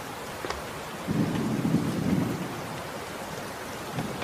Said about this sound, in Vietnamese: Bên ngoài giông tố nổi lên.